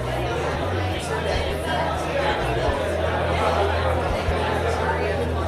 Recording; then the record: background sound without coughing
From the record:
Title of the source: CITY SOUNDS Busy Bar in the Evening Night - 2 HOURS of Ambiance for Relaxation